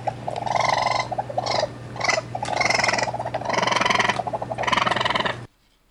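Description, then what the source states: Raccoon calls: churring, trilling purr-like bursts in several rapid pulsed bouts, with a steady low hum underneath. Medium-sized mammal with a black face mask.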